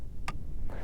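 A folding mirror on the windshield mount of a 2024 Ski-Doo MXZ X-RS 850 E-TEC snowmobile is flipped out from its stowed position and locks into its open detent so it won't dangle. A single sharp, bright click sounds at 0.3 s over a steady low rumble, and the mirror is seated in place.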